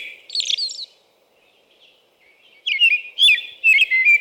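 American robin: a high, thin, scratchy phrase, a long silence, then several loud, rolling whistled phrases in quick succession.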